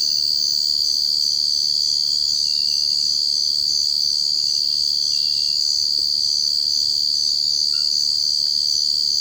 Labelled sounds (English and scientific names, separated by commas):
none